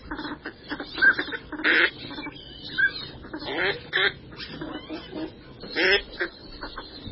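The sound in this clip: Northern pintail calls: a scatter of short nasal duck notes and soft quacking, with a few higher whistled notes.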